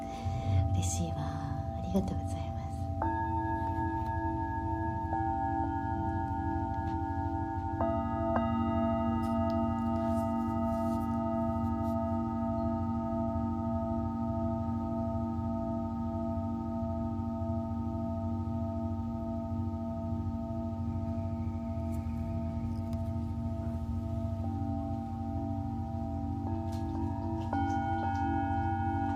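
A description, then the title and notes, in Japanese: Singing bowls ring in layered, sustained tones, new strikes entering near the start, around eight seconds and near the end, over a deep steady hum. メキシコから シンギングボウルのサウンドヒーリング ライブ。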